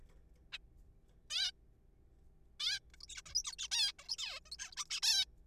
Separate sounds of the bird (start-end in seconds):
0.52-0.57, 1.30-1.51, 2.60-2.79, 2.94-2.97, 3.00-3.06, 3.08-3.21, 3.26-3.34, 3.35-3.42, 3.44-3.52, 3.53-3.56, 3.59-3.68, 3.71-3.91, 3.99-4.08, 4.09-4.16, 4.18-4.40, 4.46-4.50, 4.52-4.57, 4.59-4.71, 4.72-4.75, 4.77-4.85, 4.90-5.00, 5.03-5.25